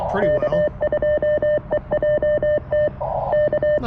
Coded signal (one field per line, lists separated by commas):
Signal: Morse code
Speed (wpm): 26 wpm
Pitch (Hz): 600 Hz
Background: speech, radio noise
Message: K2EJT K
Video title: CW POTA with the NEW CFT-1 by Jonathan Kayne KM4CFT!